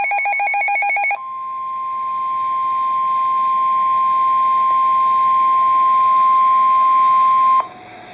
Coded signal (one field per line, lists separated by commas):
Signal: Emergency Alert System (SAME) tones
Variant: 1050 Hz attention tone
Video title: Severe T'storm Warning (EAS #383)